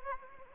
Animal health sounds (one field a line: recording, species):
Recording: mosquito wingbeat signal from an infrared sensor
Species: Anopheles arabiensis